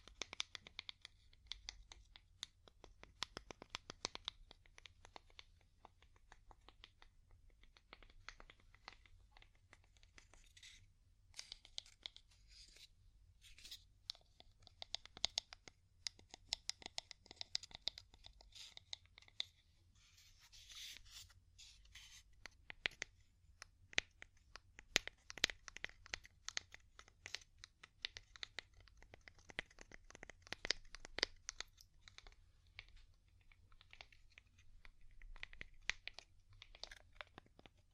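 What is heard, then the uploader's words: Wood tapping in dense, irregular bursts of sharp clicks and crinkly scratches, with quieter pauses near 9, 19 and 23 seconds. ASMR Calming Wood Tapping (No Talking).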